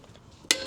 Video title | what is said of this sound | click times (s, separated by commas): 71-Piece Air impact tool Set Fab Heavy Parts | there you go, you hear the click. | 0.5 s